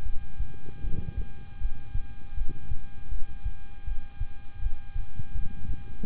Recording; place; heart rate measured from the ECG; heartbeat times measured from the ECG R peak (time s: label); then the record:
heart sounds by stethoscope; between the tricuspid and mitral areas; 80 bpm
0.03 s: heartbeat
0.81 s: heartbeat
1.58 s: heartbeat
2.34 s: heartbeat
3.09 s: heartbeat
3.84 s: heartbeat
4.59 s: heartbeat
5.32 s: heartbeat
6.04 s: heartbeat
From the record:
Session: rest, lying down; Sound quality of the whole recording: good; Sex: male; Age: 26 years